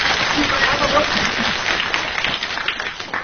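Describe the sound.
An audience claps steadily to encourage a performer in Yang Yi and Yang Jingming's Chinese crosstalk piece 如此五星, just before a Spanish bullfight dance bit, a dense, even wash of applause holding fairly loud for the whole stretch before easing slightly at the end, with some voices faintly mixed in.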